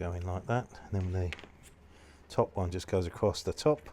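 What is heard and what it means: Someone talks while handling the plastic top cross bar of a roof rack on a 1/10 scale HPI Racing Venture SBK RC crawler body, guiding it across the top of the rack. Nothing has seated or clicked yet; the bar is handled but not yet home.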